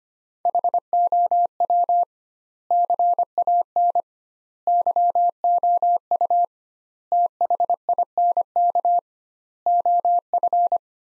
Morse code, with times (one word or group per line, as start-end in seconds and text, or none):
0.5-2.0 HOW
2.7-4.0 CAN
4.7-6.4 YOU
7.1-9.0 THINK
9.7-10.8 OF